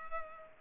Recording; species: mosquito wingbeat signal from an infrared sensor; Culex pipiens